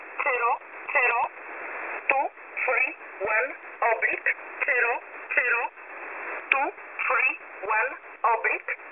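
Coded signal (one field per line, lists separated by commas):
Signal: numbers station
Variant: E11 Oblique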